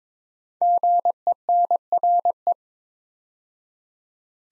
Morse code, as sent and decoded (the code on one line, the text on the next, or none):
--. . -. .-. .
GENRE